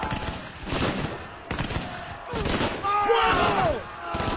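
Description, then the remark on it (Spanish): Sharp, repeated gunshots crack in irregular bursts, with overlapping volleys and thuds, as troops exchange their first shots when Napoleon's Old Guard nears the British line at the Battle of Waterloo, while speech-like voices and shouting run beneath the firing throughout. “A medida que se acercan a la línea británica, se intercambian los primeros disparos.”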